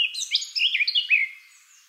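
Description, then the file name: Eurasian blackcap song: a short, lively phrase of mixed chirps and clear fluty notes, fading out after about a second. "Sylvia atricapilla"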